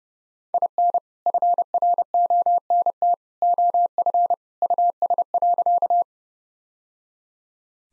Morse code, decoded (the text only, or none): IN FRONT OF US.